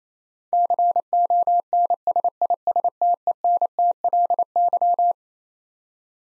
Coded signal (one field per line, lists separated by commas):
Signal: Morse code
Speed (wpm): 27 wpm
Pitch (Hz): 700 Hz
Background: none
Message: CONSISTENTLY